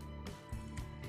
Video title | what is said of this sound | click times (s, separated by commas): 絕創 這次我服了 真人電影 鋼鎖 胡服騎射的變形金剛分享時間1278集 G creation MTST 01 WRATH | 看一下啊，在这个地方还没扣到位。 | none